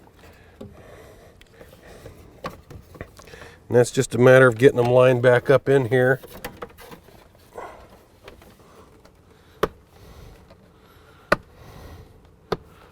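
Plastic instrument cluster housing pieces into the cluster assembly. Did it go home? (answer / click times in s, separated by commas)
yes / 9.6 s, 11.3 s, 12.5 s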